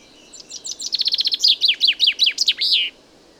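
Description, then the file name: Common chaffinch song phrase: sparse high chips accelerate into a fast rattling trill, then louder falling notes and a closing flourish, with no other sounds apparent. "Fringilla coelebs"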